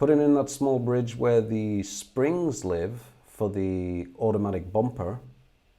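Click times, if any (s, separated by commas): none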